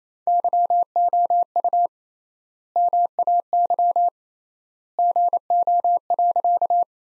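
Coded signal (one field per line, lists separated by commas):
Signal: Morse code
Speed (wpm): 28 wpm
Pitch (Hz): 700 Hz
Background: none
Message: YOU MAY GO.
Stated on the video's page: Morse sentence practice at 28 wpm built from the top 100 words, sent with 3x standard word spacing, akin to Farnsworth.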